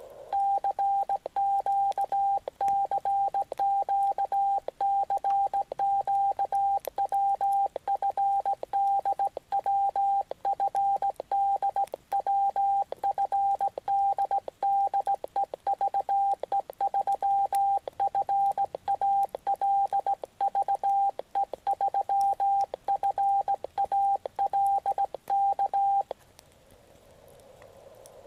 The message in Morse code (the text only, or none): CQ CQ CQ WFD WFD WFD DE VE3FAL VE3FAL K